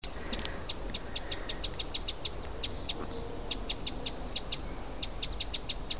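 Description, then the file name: Eurasian wren giving hard, clicking tick calls in an irregular series, several per second, with brief pauses between bursts over steady low background noise. "Troglodytes troglodytes"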